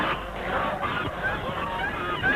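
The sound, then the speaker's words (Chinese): A flock of white geese belonging to a people's commune honks and cackles in a dense, overlapping clamor as a cyclist rides into the flock and falls off his bicycle; nasal calls rise and fall continuously at a steady, fairly loud level with no speech. “终于冲进了鹅群，从车上摔了下来。”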